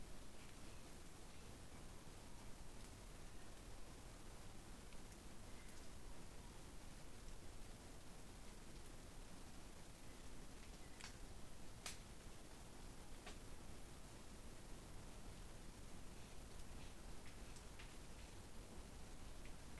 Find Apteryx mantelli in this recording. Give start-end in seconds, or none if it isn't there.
none